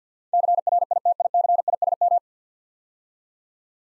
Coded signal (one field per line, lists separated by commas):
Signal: Morse code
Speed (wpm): 47 wpm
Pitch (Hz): 700 Hz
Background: none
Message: CRITICISM